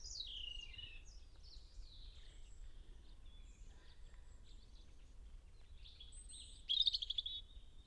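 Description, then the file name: European robin singing softly: high thin slurred whistles and warbles, then a brief rapid bright trill near the end, over steady low background hiss. "Erithacus rubecula"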